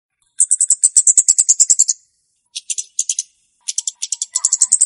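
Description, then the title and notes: Flowerpecker song: rapid series of thin, very high ticks forming a fast chatter, broken into three bursts separated by brief pauses. Lure song (pikat) used to attract flowerpeckers. "Kicau Pancing Burung Kemade ( Cabe Cabean). Suara Burung Cabe Cabean Pikat"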